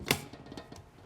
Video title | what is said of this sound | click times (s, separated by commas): How to Make Bread - A Master Class With Christina Tosi | going to get the bowl in place let's hatch the hook make sure it clicks into place | 0.1 s